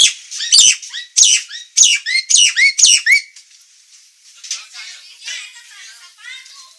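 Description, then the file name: Nias hill myna giving a fast string of loud rasping squawks, fading to softer, scratchy chatter in the second half. Indonesian name Jalak Nias; described as gacor (singing constantly) with a noisy voice. "Kicau Jalak Nias Gacor Suara Berisik"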